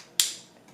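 The plastic side/charging door of a GoPro Hero5, Hero6 or Hero7, already hinged onto its pole, is pushed down and slid closed on the camera body. A single sharp bright click at 0.2 s rings out and fades, followed by only a faint soft sound near 0.7 s. The door is seated, shut and locked in place.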